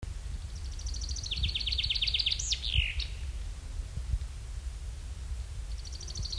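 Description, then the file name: Common chaffinch song: a bright, descending rattle of repeated notes ending in a sharp flourish, with a second song beginning at the end, over steady low wind rumble. "Fringilla coelebs"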